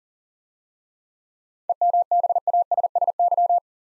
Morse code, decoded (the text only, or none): EMBASSY